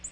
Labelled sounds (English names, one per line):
Yellow-rumped Warbler flight call